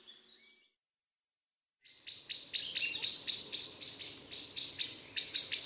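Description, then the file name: Eurasian blackbird calling: one thin note, a short silence, then a rapid string of sharp, high chinking notes. "koltrast"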